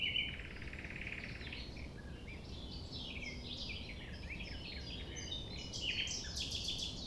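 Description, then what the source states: Common nightingale song, a fast buzzy trill followed by varied chirps and sharp whistled notes, with other birds calling and a steady low rumble throughout. Recorded at 6 a.m. at sunrise near the Thève at Champ de Ménage; the nightingale sings without waiting for silence.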